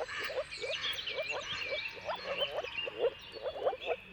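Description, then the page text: Moor frog mating calls as short, low, popping bubbles repeated irregularly, with bird whistles and chirps behind. Moor frog mating chorus at sunrise, at the turn of March and April, with timing depending on the weather. "earth-fm Jakub-Orzecki moor frogs. Dawn’s Chorus: Mating Calls of Marsh Frogs at Sunrise. Depending on the weather at the turn of March and April, you can witness an amazing spectacle of moor frogs"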